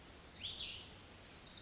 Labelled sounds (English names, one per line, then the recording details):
Cassin's Vireo
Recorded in Sonoma County, California